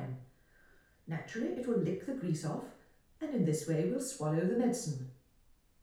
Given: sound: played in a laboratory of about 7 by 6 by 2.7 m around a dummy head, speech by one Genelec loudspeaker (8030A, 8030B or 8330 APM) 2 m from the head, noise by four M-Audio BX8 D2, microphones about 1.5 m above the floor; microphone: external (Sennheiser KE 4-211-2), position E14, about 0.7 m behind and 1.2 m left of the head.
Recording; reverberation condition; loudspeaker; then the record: female speech in English; medium; 120 degrees to the right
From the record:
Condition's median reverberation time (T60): about 510 ms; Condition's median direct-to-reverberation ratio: about -0.5 dB